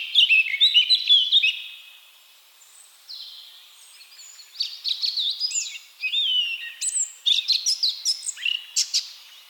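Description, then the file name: Eurasian blackcap warbling: a burst of quick notes, a soft pause, then a long stretch of varied whistles and sharp chips. "Sylvia atricapilla"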